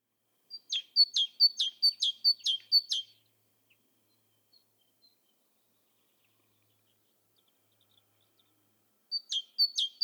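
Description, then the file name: Great tit song: a high thin note followed by a lower, falling note, repeated several times in quick succession, then silence before the pattern starts again near the end. "Parus major"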